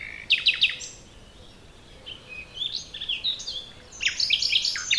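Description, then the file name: Common nightingale song, a quick stutter of sharp notes at the start, then scattered high chirps and whistles building into a fast varied burst at the end. "Luscinia megarhynchos"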